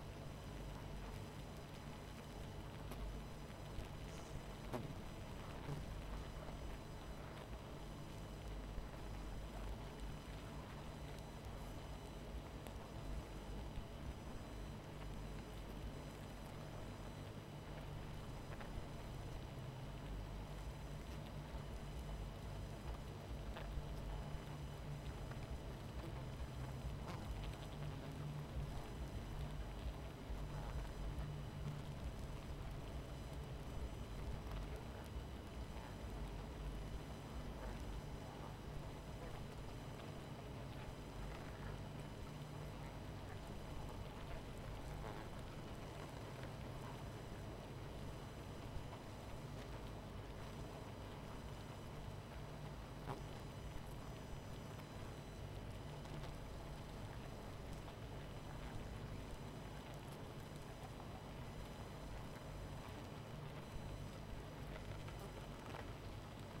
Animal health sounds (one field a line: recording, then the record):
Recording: honeybee colony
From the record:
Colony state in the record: missing queen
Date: 14 July 2017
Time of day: 23:13